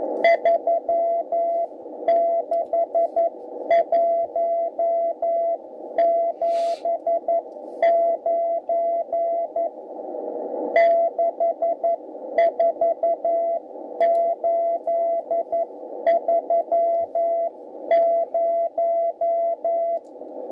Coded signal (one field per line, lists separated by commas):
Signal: Morse code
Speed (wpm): 9 wpm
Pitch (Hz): 680 Hz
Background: radio noise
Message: 36179 64830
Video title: 3.500 - 3.800 (80mtrs) SSB & CW